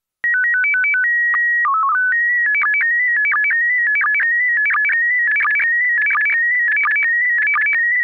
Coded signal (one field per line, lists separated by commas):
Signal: SSTV (slow-scan television)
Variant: PD 90